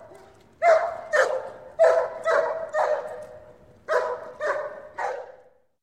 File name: Sound Ideas 2000 Series. Shepherd Bark